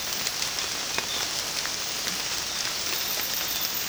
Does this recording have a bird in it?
no